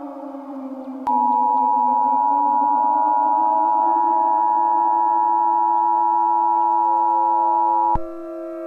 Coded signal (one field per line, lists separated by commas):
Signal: Emergency Alert System (SAME) tones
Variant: 853 and 960 Hz attention tone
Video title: Winters Curse: A EAS Scenario